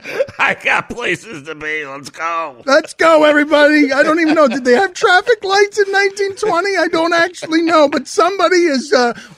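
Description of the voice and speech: One adult man speaks in a lively, fast, quite high-pitched and sing-song manner, briefly putting on an animated, impatient voice before continuing in casual chatter. Speech is fluent and clearly articulated, with no stuttering, slurring or hoarseness: ordinary speech.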